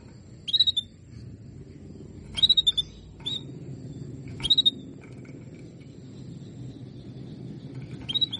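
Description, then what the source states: Canary chirps: quick bursts of up to four sharp notes, repeated at irregular intervals of about one to four seconds, over a low hum. Female canary calls, played to stimulate lazy male Belgian canaries into singing.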